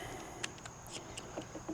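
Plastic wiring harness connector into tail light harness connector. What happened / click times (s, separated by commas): Connector handled, not yet seated / none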